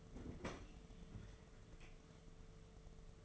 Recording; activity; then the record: daily activity, microphone in the room; open fridge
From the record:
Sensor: 4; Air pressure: 1015.8 hPa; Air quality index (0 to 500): 189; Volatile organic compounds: 9 ppm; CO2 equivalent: 2184 ppm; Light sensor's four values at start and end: 11/25/10/10 and 8/18/7/7